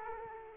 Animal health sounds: mosquito wingbeat signal from an infrared sensor; Aedes aegypti

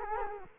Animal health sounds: mosquito wingbeat signal from an infrared sensor; Culex quinquefasciatus

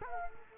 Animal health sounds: mosquito wingbeat signal from an infrared sensor; Culex quinquefasciatus

